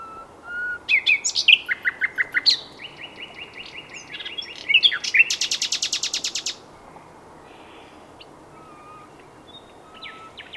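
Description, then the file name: Common nightingale song with varied phrases: short whistles, a run of rapid repeated notes, then a loud fast rattling trill before quiet. "Luscinia megarhynchos"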